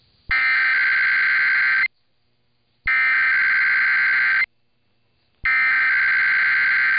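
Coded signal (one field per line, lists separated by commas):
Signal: Emergency Alert System (SAME) tones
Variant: header bursts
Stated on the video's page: EAS tests from a TV station.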